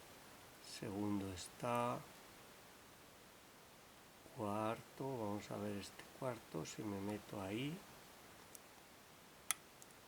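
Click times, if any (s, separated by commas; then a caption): 9.5 s. Someone talks while working the fourth pin stack of a Dutch Breur lock cylinder with a pick and tension tool. A sharp click at 9.5 s marks the pin setting at the shear line, with fainter ticks just before and after.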